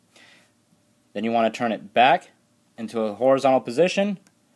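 A takedown retaining pin is handled at the frame of a Taurus 24/7 Pro pistol, being turned back toward a horizontal position, while someone talks. A faint, brief sound comes near the start at 0.2 s. The pin has not snapped home yet, and nothing has seated or clicked.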